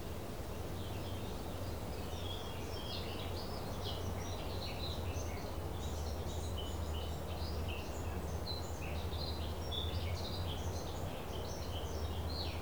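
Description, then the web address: Thrush gives faint, scratchy high notes throughout, almost buried under heavy low rumbling noise. A single thrush. "Effects 02-Birds, Insects Animals. Birds single thrush"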